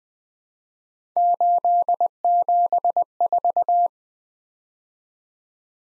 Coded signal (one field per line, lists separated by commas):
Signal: Morse code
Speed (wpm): 20 wpm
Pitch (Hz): 700 Hz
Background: none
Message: 874